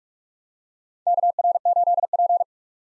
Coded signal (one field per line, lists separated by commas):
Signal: Morse code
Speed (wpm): 44 wpm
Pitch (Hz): 700 Hz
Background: none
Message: KR8P